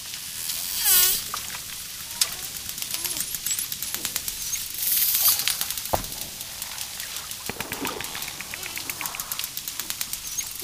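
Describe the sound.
Dolphin click trains crackling steadily throughout, with two louder buzzy bursts and a few faint high whistles.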